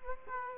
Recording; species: mosquito wingbeat signal from an infrared sensor; Culex quinquefasciatus